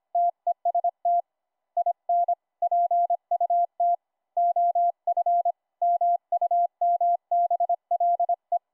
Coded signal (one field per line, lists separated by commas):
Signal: Morse code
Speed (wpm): 26 wpm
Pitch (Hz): 700 Hz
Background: none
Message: TEST IN PUT OF MUMBLE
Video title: Raspberry Pi, Ultra PicoKeyer, HiPerMite CW filter - sidetone for QSO'n on Mumble VOIP- LIVE DEMO